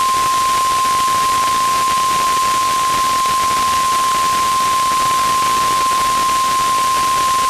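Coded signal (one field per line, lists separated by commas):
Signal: Emergency Alert System (SAME) tones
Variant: 1050 Hz attention tone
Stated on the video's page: Required weekly test SAME tones from broadcast radio, TV and NOAA Weather Radio.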